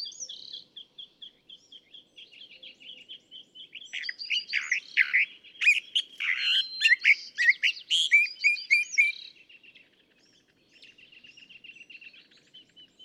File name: California Thrasher